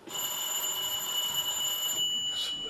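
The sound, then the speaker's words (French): A doorbell rings in one long, unbroken, shrill electric buzz for about two seconds, cuts off, then gives a brief final jab. No one speaks. “Il ne quitte le bouton de la sonnette que lorsqu'on est venu lui ouvrir.”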